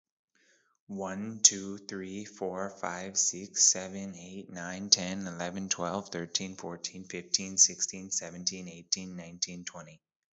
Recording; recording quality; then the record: counting at a fast pace; excellent, no background noise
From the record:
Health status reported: healthy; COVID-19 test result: negative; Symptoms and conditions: cough, sore throat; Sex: male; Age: 27 years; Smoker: yes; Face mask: not worn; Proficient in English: yes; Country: India